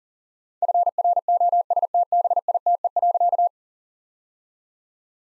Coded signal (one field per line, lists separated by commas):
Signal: Morse code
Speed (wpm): 40 wpm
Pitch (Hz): 700 Hz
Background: none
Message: FROSTBITE.